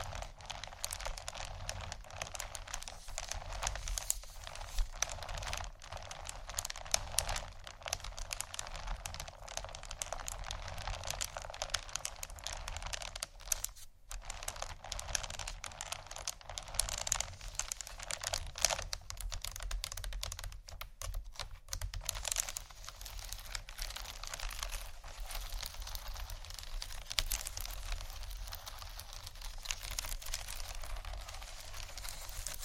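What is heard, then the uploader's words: A textured bag is handled and crinkled without letup, a dense stream of quick, bright rustles and clicks. Brief near-silent gaps break it around 14 and 21 seconds. A low, steady hum sits underneath the whole time. ASMR 4 Textured Bags 1 Hour（No Talking）.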